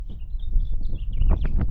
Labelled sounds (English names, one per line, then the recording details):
House Finch song
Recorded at Point Lookout on Long Island, New York, on 2 June 1975
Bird D